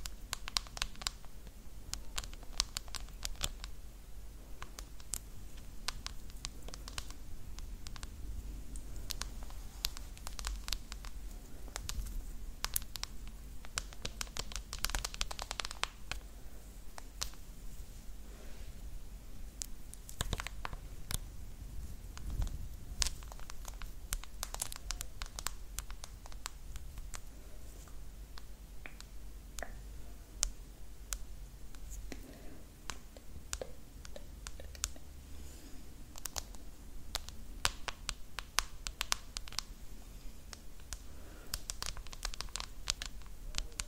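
Hair is handled, producing a constant, dense stream of crisp crackles and soft scratchy brushes with no pauses. Louder snaps cluster around the middle. A low, steady hum sits underneath.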